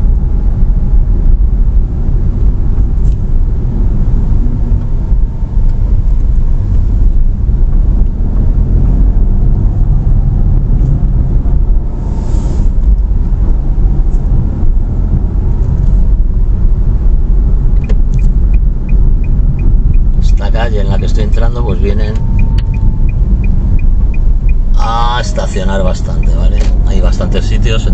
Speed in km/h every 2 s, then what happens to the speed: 32, 29, 15, 16, 26, 26, 30, 35, 33, 32, 24, 20, 20, 25.
0-4 brakes to 15. 4-14 speeds up to 35. 18-21 brakes to 20. 21-28 steady at about 20.